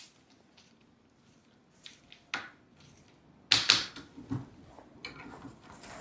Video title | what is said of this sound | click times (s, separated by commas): VA Distal & Proximal Tibial Locking Plate System｜Orthopedic Trauma Surgery Fixation Live | You can hear the click sound. | 3.5 s